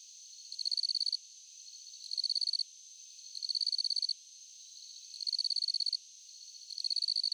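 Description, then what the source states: Cricket chirps: rapid pulsed trills lasting about half a second, recurring about every one and a half seconds against a constant shrill hum. Crickets at night.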